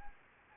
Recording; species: mosquito wingbeat signal from an infrared sensor; Anopheles gambiae